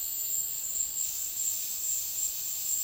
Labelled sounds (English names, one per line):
none